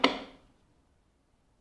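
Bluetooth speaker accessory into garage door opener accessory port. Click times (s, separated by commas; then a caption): 0.0 s. A plastic Bluetooth speaker accessory for a Ryobi garage door opener is hooked in and pushed onto its pins in the opener's accessory port. A single sharp, bright snap at 0.0 s rings briefly and fades out by about 0.5 s, leaving near silence. The speaker module is seated, clicked into place.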